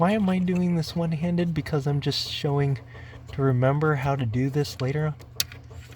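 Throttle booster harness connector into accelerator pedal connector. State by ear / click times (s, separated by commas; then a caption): seated / 5.4 s. Someone talks while pushing a Sprint Booster throttle booster harness connector one-handed onto the accelerator pedal connector of a GLC 300, 43 or 63(s). The plastic housing snaps home with a sharp click at 5.4 s, and the connector is seated.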